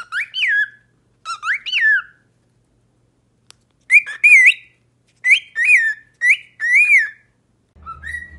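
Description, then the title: Cockatiel whistles: two swooping rise-and-fall phrases, a silent gap, then rapid rising notes in clusters, ending with a burst of low noise. Hour-long song intended for training a cockatiel. "Canto De 1 Hora Para Treinar Calopsita"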